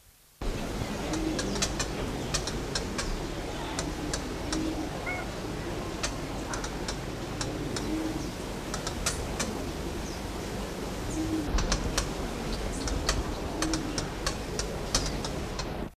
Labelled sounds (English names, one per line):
Toucan Barbet call